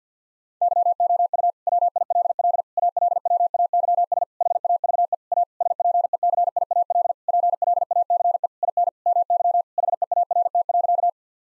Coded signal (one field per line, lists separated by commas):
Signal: Morse code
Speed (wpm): 50 wpm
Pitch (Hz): 700 Hz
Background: none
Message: YOU WILL ALWAYS HAVE A SPECIAL PLACE IN MY HEART.